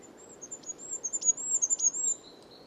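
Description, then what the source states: Goldcrest singing a very high, thin, wavering run of notes, ending with a lower sustained note; a soft steady background hiss. Singing among a few spruces in an extremely dry place overgrown with marsh Labrador tea, Sobibór Forests, Poland, in spring; its high-pitched song is not heard by everyone.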